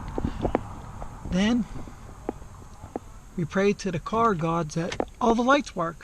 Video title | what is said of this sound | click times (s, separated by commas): No Ride today but needed car fixed | this just locks into place then | 0.6 s